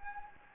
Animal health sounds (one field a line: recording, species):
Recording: mosquito wingbeat signal from an infrared sensor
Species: Anopheles gambiae